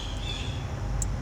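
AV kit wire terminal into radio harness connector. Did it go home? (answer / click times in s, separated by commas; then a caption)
yes / 1.0 s. A yellow wire terminal from a zAutomotive TaZer AV kit is slid into the bottom position of the radio harness connector for a Challenger's Uconnect 8.4 radio, over a steady low rumble. A short, sharp click at 1.0 s marks the terminal locking into the housing, fully seated.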